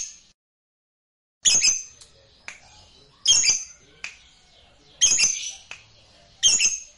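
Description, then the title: Lovebird squawks: loud harsh high bursts at fairly regular intervals, with softer calls between. "Suara Lovebird"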